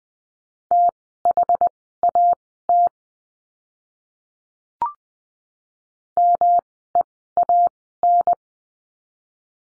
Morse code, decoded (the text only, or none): THAT MEAN